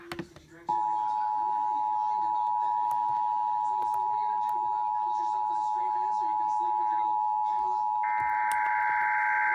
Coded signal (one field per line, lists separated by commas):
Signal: Emergency Alert System (SAME) tones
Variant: 853 and 960 Hz attention tone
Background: speech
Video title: A whole bunch of tests(EAS 1,758, 1,760-1,782)